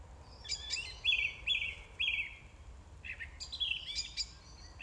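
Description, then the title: Song thrush singing a loud phrase repeated three times, each a buzzy note held about half a second, then a burst of sharp, high chattering notes. Recorded 4 May 2021 at 20:35. "2021-05-04 20-35-13-Song-Thursh-4 th-May-2021"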